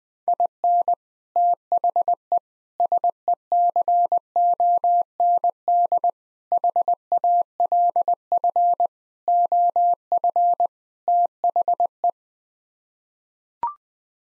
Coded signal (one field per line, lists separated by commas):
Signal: Morse code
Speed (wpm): 21 wpm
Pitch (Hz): 700 Hz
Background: none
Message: IN THE SECOND HALF OF THE